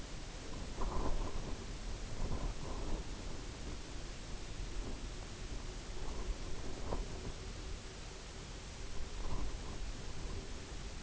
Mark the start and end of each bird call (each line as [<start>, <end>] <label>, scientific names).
[4.88, 11.00] Calidris melanotos